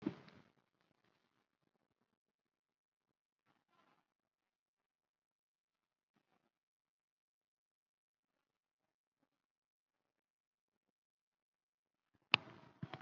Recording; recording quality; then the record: deep breathing; poor, much background noise or distortion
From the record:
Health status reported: COVID-19 positive, mild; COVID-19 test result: positive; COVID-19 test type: RT-PCR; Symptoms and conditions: fatigue, muscle pain, hypertension, diabetes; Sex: female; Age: 67 years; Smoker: no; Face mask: not worn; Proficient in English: no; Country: India